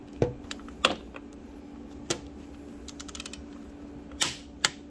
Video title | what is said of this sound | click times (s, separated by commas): installing lowering links (uninstalling actually) on the sv650 | And there's the click for the other. | 4.6 s